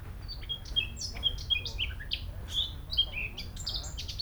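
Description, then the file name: Eurasian blackcap song: a continuous rapid jumble of scratchy and whistled high notes, uneven in rhythm and pitch throughout. "Sylvia atricapilla"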